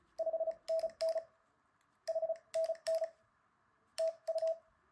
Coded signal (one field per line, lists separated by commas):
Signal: Morse code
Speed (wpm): 36 wpm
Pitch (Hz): 650 Hz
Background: none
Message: 5NN HNN TU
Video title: Morse Code Quickstart Guide - Links in the description